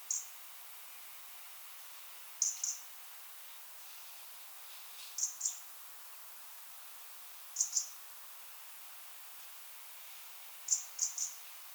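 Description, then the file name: European robin calls, faint high ticking notes in pairs and triplets every two to three seconds over steady hiss. "Erithacus rubecula"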